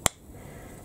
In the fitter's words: you go, you can hear that click shut.